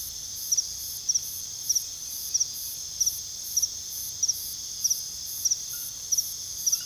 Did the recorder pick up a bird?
no